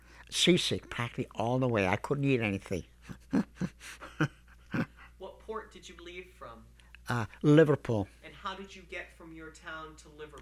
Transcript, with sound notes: seasick practically all the way. I couldn't eat anything. ( he laughs )
What port did you leave from?
Uh, Liverpool.
And how did you get from your town to Liverpool?